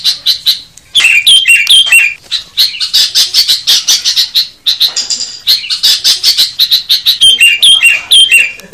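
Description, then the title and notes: Bird song, energetic bursts of rapid chips and shrill twitters interleaved with short whistles repeated several times, barely pausing throughout. Compiled for teaching songbirds to sing. "Kumpulan Masteran Burung"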